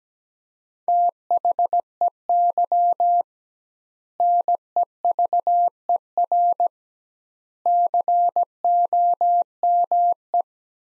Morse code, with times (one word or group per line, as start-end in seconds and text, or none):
0.9-3.2 THEY
4.2-6.7 NEVER
7.7-10.4 COME